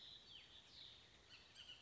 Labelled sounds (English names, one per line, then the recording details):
Bullock's Oriole
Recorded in Sonoma County, California